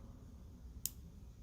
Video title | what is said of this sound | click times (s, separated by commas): Kia Sedona Tailgate Switch Backup Camera Replacement 2015 2018 | slide it in when you hear it click | 0.9 s